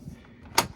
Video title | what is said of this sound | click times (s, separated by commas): How much space is there in a 2022 Tesla Model 3 Performance? | Here, clicked, went green. | 0.6 s